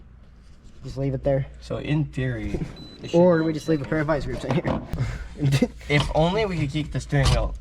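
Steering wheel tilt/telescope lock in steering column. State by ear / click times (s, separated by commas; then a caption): not seated / none. Someone talks while handling the adjustable steering wheel of a damaged car, moving it toward position against the tilt/telescope lock in the steering column. Nothing has seated or clicked into place yet.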